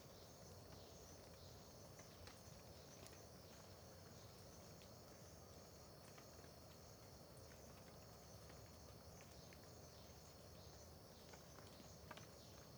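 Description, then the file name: Crickets chirring in a steady, high-pitched continuous chorus, with scattered drip-like clicks and a low background rumble throughout. Dawn ambience in Terra Ronca park near the road, with dripping water also present; AB stereo recording. "Ambiencia parque terra ronca perto da estrada amanhecer com bacurau, gotejar, grilos"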